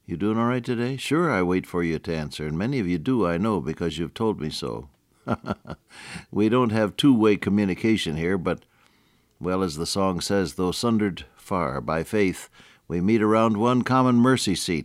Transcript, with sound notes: You doing Alright today? Sure I wait for you to answer, and many of you do I know, because you’ve told me so. [chuckle] We don’t have two-way communication here, but well, as the song says, “Though sundered far, by faith we meet around one common mercy seat.”